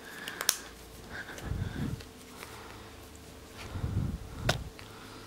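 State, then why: Seated. A plastic housing part is pressed back down onto a BlackBerry phone body after keyboard backlight work, and its clips snap home. Sharp clicks land at 0.5 s and 4.5 s, with softer handling rumbles in between, and the housing ends up seated.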